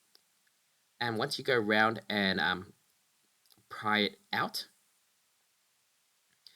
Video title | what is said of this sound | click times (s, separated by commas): OPEN ME UP! DYSON GEN5, V15 OUTSIZE V11 FILTERHOW TO DISASSEMBLE AND CLEAN | you'll hear a click and you'll see there's a separation. | 6.5 s